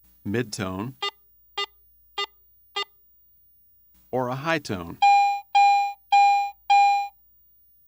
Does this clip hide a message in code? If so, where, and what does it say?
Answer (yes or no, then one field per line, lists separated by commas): no